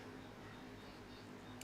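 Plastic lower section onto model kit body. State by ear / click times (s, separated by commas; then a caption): seated / 1.6 s. A lower plastic section of an HG Gundam Exia model kit, a part that was technically supposed to go on earlier, is pressed onto the kit body over a steady low hum. It pops into place with a short, sharp click at 1.6 s.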